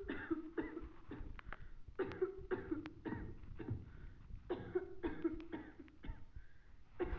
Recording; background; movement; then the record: deep breathing; a bystander coughing; sitting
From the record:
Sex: male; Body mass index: 20.5 kg/m2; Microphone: on the chest, facing the body